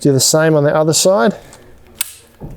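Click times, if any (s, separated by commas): 2.0 s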